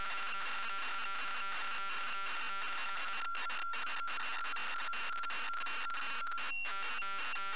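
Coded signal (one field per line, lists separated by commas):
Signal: computer data on cassette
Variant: Amstrad CPC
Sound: harsh buzzing data screech with a steady whine and rapid choppy gaps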